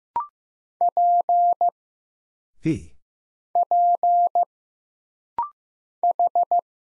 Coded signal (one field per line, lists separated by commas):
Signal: Morse code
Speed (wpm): 15 wpm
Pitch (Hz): 700 Hz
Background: none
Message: P P H